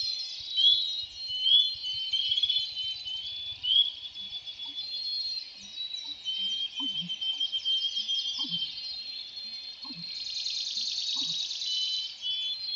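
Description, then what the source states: Spring peeper peeps, brief upslurred whistles repeating steadily, amid a chorus of bird chirps, a high dry trill near the end and soft low notes beneath. Wild frog heard again during a walk in Voyageurs National Park.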